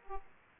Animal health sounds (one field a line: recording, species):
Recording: mosquito wingbeat signal from an infrared sensor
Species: Aedes aegypti